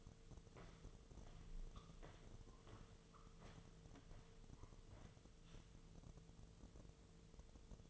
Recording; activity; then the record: daily activity, microphone in the room; walk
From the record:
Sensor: 4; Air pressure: 1006.3 hPa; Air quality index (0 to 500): 87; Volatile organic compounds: 2 ppm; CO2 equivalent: 1075 ppm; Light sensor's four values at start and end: 12/27/11/10 and 12/27/11/10